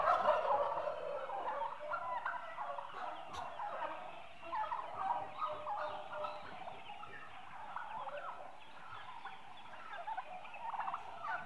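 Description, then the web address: Turkey flock chattering continuously, many overlapping calls blending into a busy, steady babble with a brief click partway through. 8-month-old domestic turkeys, a group of mostly hens, livestock. "BBC Sound Effects Library. 8 Month Old Turkeys- Mostly Hens"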